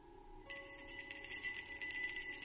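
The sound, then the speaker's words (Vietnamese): After a brief hush, small bells start jingling late at night in a village, heard from a distance, in a continuous, rapid shimmer of bright, high metallic tones, fairly soft and steady, with no voices. “Cô nhổm người lên nghe cho rõ thì phát hiện ấy là cái tiếng chuông. Nó đang rung leng ca leng keng.”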